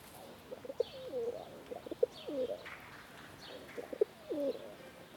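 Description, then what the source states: Pigeons cooing in low, throaty rolling phrases that swoop down and back up, repeated every second or so, with thin high chirps from small birds behind. Pigeons among park birds, recorded as park ambience in Belgrade.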